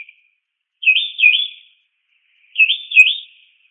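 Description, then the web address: Mockingbird call, two warbled phrases of paired notes with silence between. Multiple calls. "SFXSource. Mocking Bird Multi 5"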